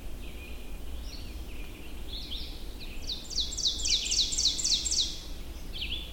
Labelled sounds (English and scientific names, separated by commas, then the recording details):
Ovenbird (Seiurus aurocapilla) song
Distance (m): 30 m
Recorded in boreal forest in Alberta, Canada, on 22 June 2016 at 05:57
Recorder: SongMeter 3, array SBT-6-76
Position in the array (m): 150 m, 108 m
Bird 3